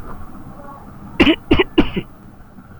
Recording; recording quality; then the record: shallow voluntary cough; excellent, no background noise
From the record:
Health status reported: healthy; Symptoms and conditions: none ticked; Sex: male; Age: 24 years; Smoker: not ticked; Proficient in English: yes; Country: India